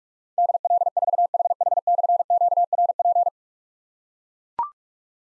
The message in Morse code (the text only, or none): DL4HH/QRP